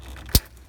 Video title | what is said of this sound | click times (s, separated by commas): Fuel FT500 Installation On A Ford F150 | hear a click and your lock now you're installed on the fuel line it's as simple as that | 0.4 s